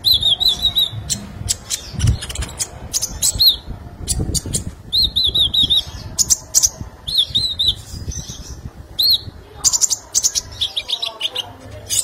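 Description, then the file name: Sunbird song: busy, high-pitched twitter of sharp chips and short buzzy trills, repeated in quick bursts throughout. "Kolibri Lebah"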